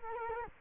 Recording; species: mosquito wingbeat signal from an infrared sensor; Culex quinquefasciatus